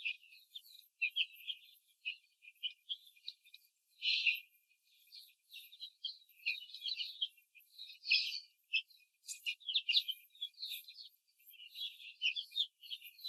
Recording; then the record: young laying hens in a cage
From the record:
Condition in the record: control cage, before the stress test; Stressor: none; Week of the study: 4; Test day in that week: 1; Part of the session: 3